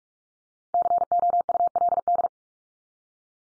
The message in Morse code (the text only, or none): COULD